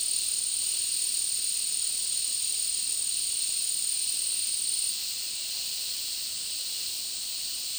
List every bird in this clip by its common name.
none